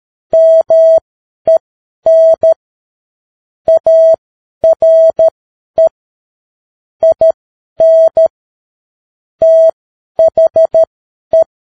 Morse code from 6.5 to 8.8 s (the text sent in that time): IN